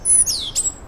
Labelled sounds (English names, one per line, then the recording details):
Stitchbird song
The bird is a male
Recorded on Tiritiri Matangi Island, New Zealand, in 2005
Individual 1, of nest box 1